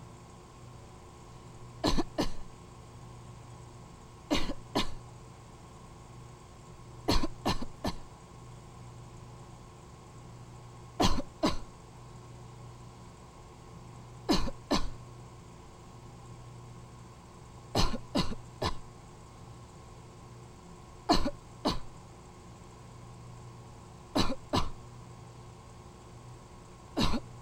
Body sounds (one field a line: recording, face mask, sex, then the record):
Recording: voluntary coughing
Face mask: surgical mask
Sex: female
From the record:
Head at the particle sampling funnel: tilted down, bridge of the nose in front of it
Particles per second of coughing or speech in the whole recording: 2.61